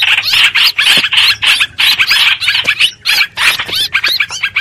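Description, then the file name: Streak-eared bulbul harsh, buzzy distress notes in quick irregular bursts, about three a second, with a short pause near three seconds. Distress call given to summon the flock. "Tieng chim trao trao keu cuu goi bay"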